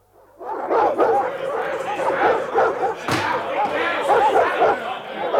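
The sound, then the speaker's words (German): Several dogs bark and yelp continuously over a tumult of agitated shouting voices, the din staying loud throughout, with a sharp crack-like burst about midway. “Mach die anderen Hunde los.”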